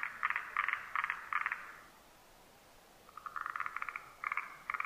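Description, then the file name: Forest green tree frog giving runs of rapid chuckling pulses, a pause of about a second, then another run. Recorded 12 July 2009. "moriaogaeru 20090712"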